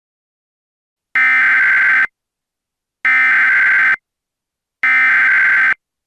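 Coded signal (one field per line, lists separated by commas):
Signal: Emergency Alert System (SAME) tones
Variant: header bursts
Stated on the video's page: Fictional EAS scenario made with iMovie, containing valid tones; not a real alert.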